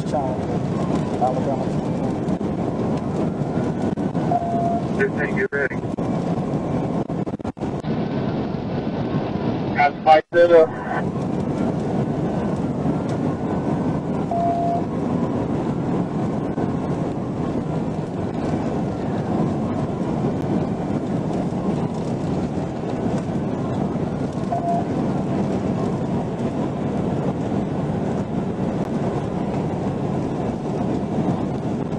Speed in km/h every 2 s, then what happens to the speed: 188, 188, 192, 192, 184, 185, 187, 192, 193, 195, 196, 198, 200, 200, 200, 198.
0-32 steady at about 192.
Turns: none.